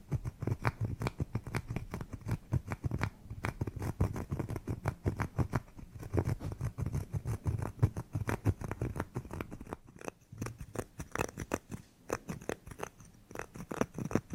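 Scratching on carpet and other surfaces, made of quick, dense strokes and sharp scrapes that crowd together with little pause. A low rumble sits under the first half, and after about ten seconds the strokes thin into separate bursts with short gaps.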